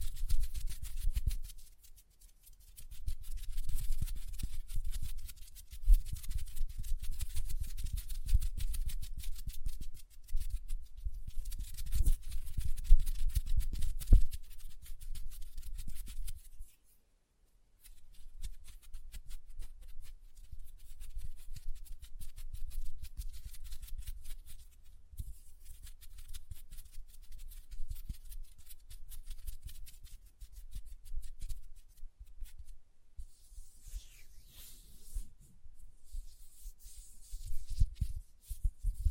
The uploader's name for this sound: Lotion Sounds